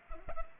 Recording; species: mosquito wingbeat signal from an infrared sensor; Culex pipiens